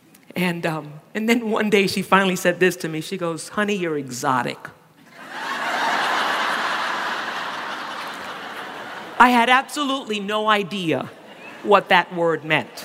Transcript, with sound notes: and then one day she finally said this to me. She goes, “Honey, you’re exotic.” (laughter) I had absolutely no idea what that word meant.